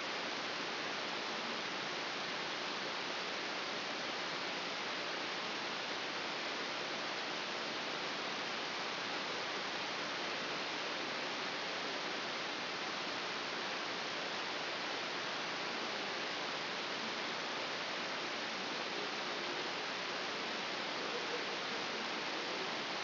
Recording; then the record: brain microelectrode recording played as sound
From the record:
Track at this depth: inside the subthalamic nucleus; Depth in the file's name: 1.835 mm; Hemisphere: left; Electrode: 3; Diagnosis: Parkinson's disease